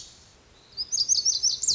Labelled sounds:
Lazuli Bunting
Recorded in Sonoma County, California

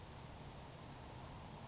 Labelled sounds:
California Towhee
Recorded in Sonoma County, California

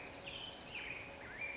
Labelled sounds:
Black-headed Grosbeak
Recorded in Sonoma County, California

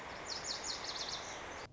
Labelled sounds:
Lazuli Bunting
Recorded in Sonoma County, California

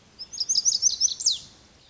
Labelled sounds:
Lazuli Bunting
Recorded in Sonoma County, California

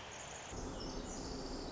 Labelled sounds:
Pacific Wren
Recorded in Sonoma County, California

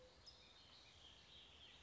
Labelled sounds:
California Towhee
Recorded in Sonoma County, California

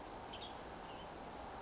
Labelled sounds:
Western Tanager
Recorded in Sonoma County, California

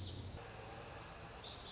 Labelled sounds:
Lazuli Bunting
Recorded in Sonoma County, California

